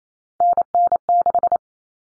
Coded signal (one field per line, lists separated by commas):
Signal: Morse code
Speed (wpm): 28 wpm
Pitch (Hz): 700 Hz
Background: none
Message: NN6